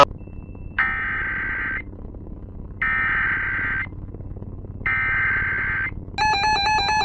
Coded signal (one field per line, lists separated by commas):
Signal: Emergency Alert System (SAME) tones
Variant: header bursts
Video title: A Winter's Nightmare (EAS Scenario)